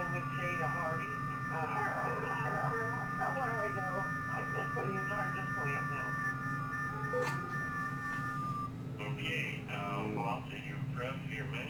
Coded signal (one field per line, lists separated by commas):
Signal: FT8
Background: speech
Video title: Running some FT8 basic overview of WSJTX and grid tracker